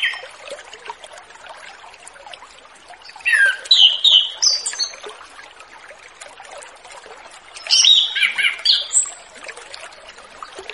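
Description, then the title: Orange-headed thrush song in two short bursts of rapid, varied whistled notes and chirps, separated by a pause, with a constant hissing, water-like background. Relaxed, open-toned song style called ngeplong santai, used as a lure for wild spotted (trotol) orange-headed thrushes. "Anis Kembang Ngeplong Santai , Untuk Pancingan Anis Kembang Lepas Trotol"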